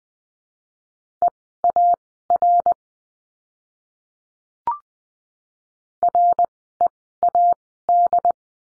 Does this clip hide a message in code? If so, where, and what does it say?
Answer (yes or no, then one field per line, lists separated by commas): yes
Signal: Morse code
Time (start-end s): 1.2-8.3 s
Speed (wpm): 20 wpm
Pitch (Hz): 700 Hz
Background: none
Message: EAR READ